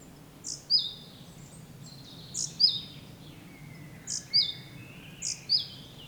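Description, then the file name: Great tit calling: several paired notes, a sharp high one dropping to a longer lower whistle. "Parus major"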